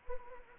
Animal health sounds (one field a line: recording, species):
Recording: mosquito wingbeat signal from an infrared sensor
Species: Anopheles gambiae